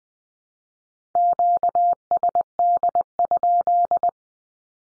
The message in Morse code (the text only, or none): QSD?